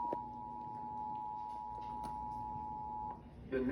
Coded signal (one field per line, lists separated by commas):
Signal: Emergency Alert System (SAME) tones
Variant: 853 and 960 Hz attention tone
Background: speech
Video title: EAS alert for MD and VA 8/7/23